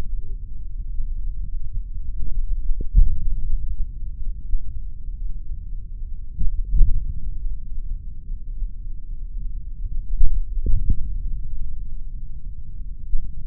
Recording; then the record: forearm muscle sounds (acoustic myography)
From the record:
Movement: index flexion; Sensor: system 3, bracelet of six PUI Audio POM-2738L microphones around the upper forearm, with dedicated amplification and filtering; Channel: 4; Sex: male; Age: 26 years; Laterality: right